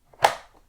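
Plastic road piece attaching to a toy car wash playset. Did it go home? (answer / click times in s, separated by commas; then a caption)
yes / 0.2 s. A second plastic road piece is snapped onto a Mattel Disney Cars On the Road Color Changers Whale Car Wash (Submarine) playset, giving a single crisp, sharp click at 0.3 s with faint soft ticks just before and after. The piece seats, and its click is louder and sharper than the first piece's, much better.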